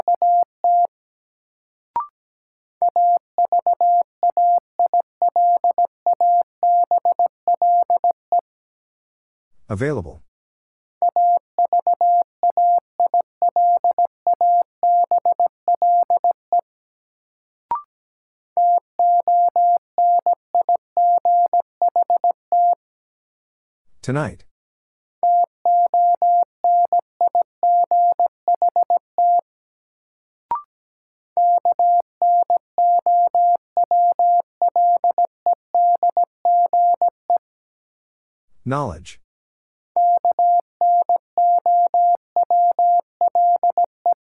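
Morse code tapped out as a steady mid-pitched tone broken into rapid, regular beeps. Long runs of dots and dashes are separated by short gaps, each marked by a brief click, and three times a sharp sweeping chirp cuts through, near 10, 24 and 39 seconds.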